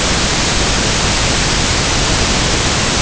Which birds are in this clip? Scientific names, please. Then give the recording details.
none. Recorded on Arctic tundra, site IGLO-A, on 16 June 2018. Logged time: 09:59